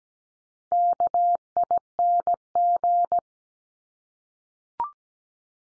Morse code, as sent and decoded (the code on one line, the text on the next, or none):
-.- .. -. --.
KING